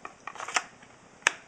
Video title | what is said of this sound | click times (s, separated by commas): Knife Review : Ka-Bar 7" Fighter (Fixed Blade) | kind of snaps in place there | 1.3 s